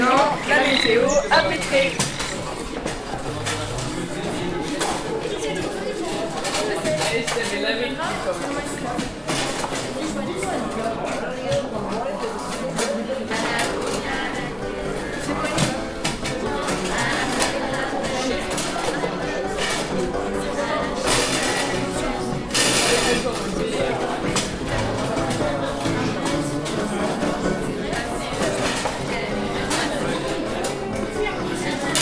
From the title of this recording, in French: Ambiance Foyer